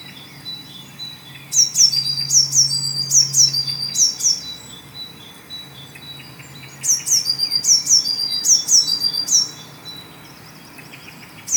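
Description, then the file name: Eurasian blue tit giving high-pitched falling notes in quick runs, two main phrases several seconds apart and a lone note closing. "Cyanistes caeruleus"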